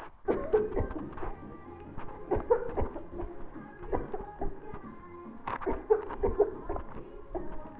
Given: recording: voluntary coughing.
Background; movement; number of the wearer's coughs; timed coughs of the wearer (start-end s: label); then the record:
music; walking; 12
0.25-0.63 s: cough
0.73-1.07 s: cough
1.12-1.47 s: cough
2.28-2.65 s: cough
2.75-3.03 s: cough
3.13-3.34 s: cough
3.90-4.23 s: cough
4.39-4.59 s: cough
5.65-6.04 s: cough
6.20-6.53 s: cough
6.67-6.89 s: cough
7.25-7.53 s: cough
From the record:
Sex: female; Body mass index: 18.8 kg/m2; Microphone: on the chest, facing the body